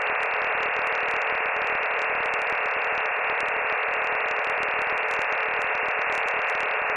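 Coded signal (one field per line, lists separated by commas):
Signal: digital SSTV (DRM)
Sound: steady dense rushing hiss confined to a band, unchanging for seven seconds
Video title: Data bij de Daily Minutes Podcast (DRM, Fldigi) 15 september 2019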